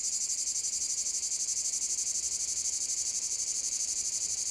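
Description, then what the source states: Cicada song, an intense high-pitched rasping chorus beating steadily at roughly four pulses each second throughout. Cicada field at Domaine de la Sablière, Saint-Privat-de-Champclos, France; recorded with a Zoom H6 using an M/S microphone.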